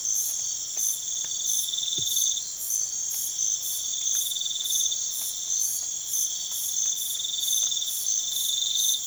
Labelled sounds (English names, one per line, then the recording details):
none
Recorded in pastures near Puerto Asís, Putumayo, Colombia, on 12 March 2025 at 04:30
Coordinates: 0.487, -76.322
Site G077